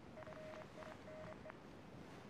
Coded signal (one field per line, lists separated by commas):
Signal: Morse code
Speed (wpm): 25 wpm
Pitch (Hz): 620 Hz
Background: none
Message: FINE